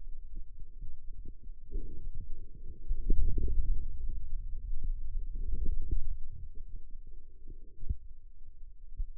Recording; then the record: forearm muscle sounds (acoustic myography)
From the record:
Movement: hand opening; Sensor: system 2, bracelet of six BSWA MPA416 microphones around the upper forearm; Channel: 6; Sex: male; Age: 22 years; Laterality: right